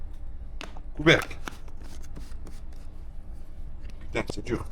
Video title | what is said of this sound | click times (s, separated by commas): Vlog 105 : Les impactes de gravillons sur du noir... ça pardonne pas ! | Maintenant, on clipse bien. On vérifie que c'est bien clipsé. On lève bien la poche. Tac. | 0.6 s